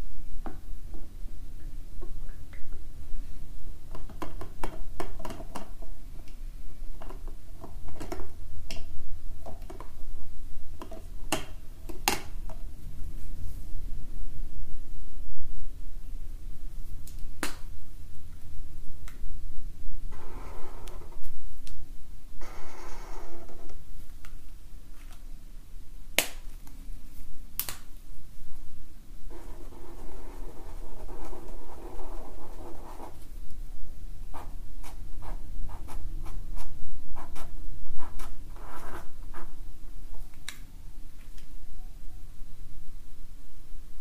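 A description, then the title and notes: Markers drawing on paper, with soft scratchy strokes and occasional longer rubbing passes around 20–23 and 30–33 seconds. Sharp little taps and clicks, like caps or pen tips hitting the table, land irregularly throughout over a low steady hum. Relaxing Drawing With Markers - Drawing, No-Talking, Paper & Pen Sounds. For this episode I took out my set of Zebra Mildliners to doodle with.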